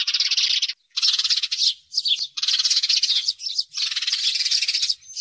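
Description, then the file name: Sparrow calls, bursts of scratchy chatter alternating with a few distinct squeaky chirps and short silences. "Tieng se keo"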